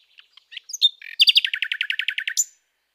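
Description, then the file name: Common nightingale song: a few soft scattered notes and a clear whistle, then a fast run of loud repeated chirps ending in a high note. "Rossignol"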